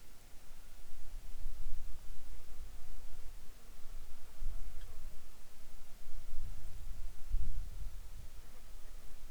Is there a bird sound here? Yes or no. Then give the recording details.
no. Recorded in the Arctic National Wildlife Refuge, Alaska, on 7 July 2019 at 18:56. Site 41